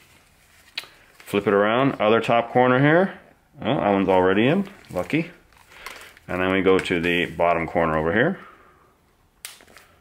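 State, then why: Seated. Someone talks while fitting the plastic mounting ring of a replacement ear pad onto a Bose QC45 or QC35 headphone ear cup, with a few small clicks and handling sounds around the speech. At 9.4 s the bottom corner clip of the ring snaps sharply into the ear cup rim and seats.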